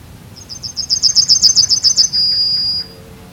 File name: Zigolo Giallo